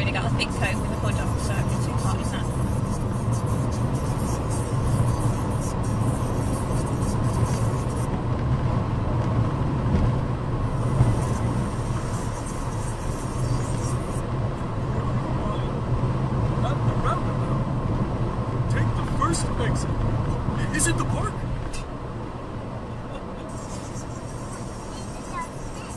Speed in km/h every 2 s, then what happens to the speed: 105, 108, 111, 113, 118, 118, 116, 118, 114, 109, 109, 106, 105.
0-10 speeds up to 118. 10-26 slows to 105.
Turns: none.